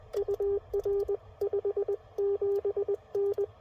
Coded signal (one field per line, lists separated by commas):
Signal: Morse code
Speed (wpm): 19 wpm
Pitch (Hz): 400 Hz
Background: none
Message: UR 57N